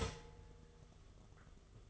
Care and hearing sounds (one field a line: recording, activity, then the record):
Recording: daily activity, microphone in the room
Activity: start toaster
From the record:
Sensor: 4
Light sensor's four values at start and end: 4/8/3/2 and 4/8/3/2